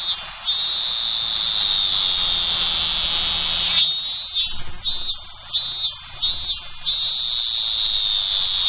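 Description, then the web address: Robust cicada song, a loud, steady, high buzzing drone that breaks after about four seconds into several pulsing bursts before steadying again. "sikioto. minminzemi"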